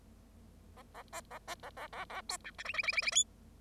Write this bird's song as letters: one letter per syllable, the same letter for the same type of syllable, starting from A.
A A B A B A A A A C D E F F F F F G